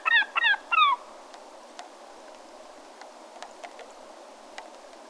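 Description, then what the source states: American herring gull giving three quick yelping notes at the start, then quiet background with faint clicks. Recorded at Montmagny on 11 November 2012, around 09:11.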